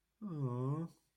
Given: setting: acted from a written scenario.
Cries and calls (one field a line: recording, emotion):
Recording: vocal sound without words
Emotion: sadness